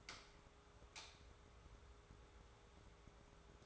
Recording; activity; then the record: daily activity, microphone in the room; light on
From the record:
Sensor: 3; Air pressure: 1010.2 hPa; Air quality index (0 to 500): 169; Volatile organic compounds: 10 ppm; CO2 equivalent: 2209 ppm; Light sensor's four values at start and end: 44/110/48/53 and 47/119/52/56